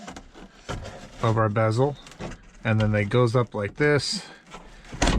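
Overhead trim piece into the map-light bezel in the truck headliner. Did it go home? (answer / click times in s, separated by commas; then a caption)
yes / 5.0 s. A plastic overhead console trim piece on a 2012 Hemi 1500 truck is hooked onto the front of the map-light bezel by its two clips, then swung up into the headliner while someone talks. At 5.0 s a single sharp snap is heard as the trim piece seats into the back piece of the bezel.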